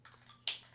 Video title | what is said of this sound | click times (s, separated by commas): Sony A7IV Unboxing and First Impressions! (BEST Hybrid Camera Ever?) | there it is it snaps into place | 0.5 s